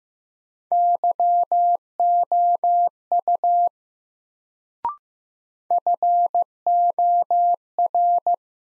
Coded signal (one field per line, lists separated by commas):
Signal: Morse code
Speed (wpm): 15 wpm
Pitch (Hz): 700 Hz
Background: none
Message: YOU FOR